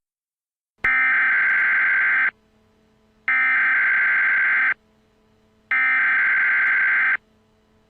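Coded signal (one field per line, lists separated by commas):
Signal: Emergency Alert System (SAME) tones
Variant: header bursts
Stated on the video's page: EAS tones for an Extreme Wind Warning relayed from the National Weather Service for central Florida during a hurricane.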